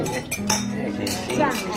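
Several bright clinks of glasses touching in a toast, sharp and ringing over a low hum of voices, with a couple of quick overlapping taps.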